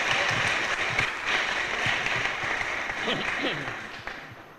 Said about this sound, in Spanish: Entonces ya sin más preámbulos, vamos a dar un aplauso y le dejamos sus palabras.